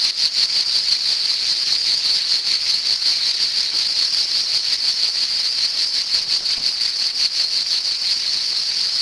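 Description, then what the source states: Cicada song, a loud continuous buzzing drone with a rapid pulsing texture, steady throughout with no other clear sounds. Cicadas in summer.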